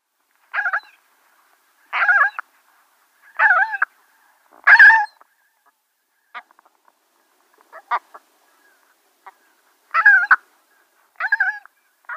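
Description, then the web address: Great skua giving harsh, nasal calls with a layered tone, repeated roughly every one to one and a half seconds, with a pause of about five seconds holding a few short dry clicks. Calls given at the nest. "Schulze Peter Great Skua calls at-nest"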